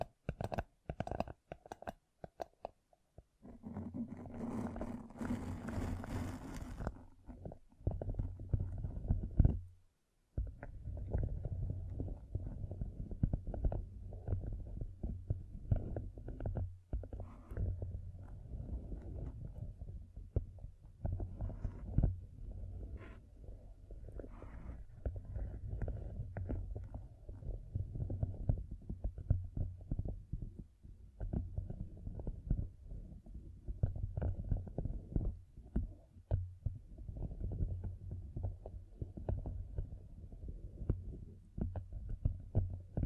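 Fingertips covered in gems tap and scratch in a dense, continuous patter of small, low, dull clicks. A brighter hiss rises briefly around four to seven seconds, and a short silence breaks the texture near ten seconds before the busy rustling resumes.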